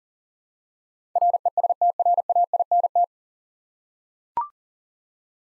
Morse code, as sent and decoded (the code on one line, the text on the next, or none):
.-. . ... - .-. .- .. -. -
RESTRAINT